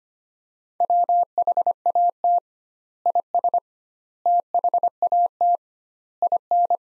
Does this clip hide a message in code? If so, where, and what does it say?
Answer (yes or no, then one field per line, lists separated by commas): yes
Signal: Morse code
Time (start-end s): 0.8-6.8 s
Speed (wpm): 25 wpm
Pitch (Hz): 700 Hz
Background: none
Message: WHAT IS THAT IN